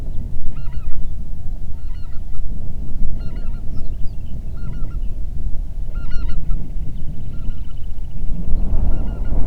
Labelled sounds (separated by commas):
songbird, waterfowl, wind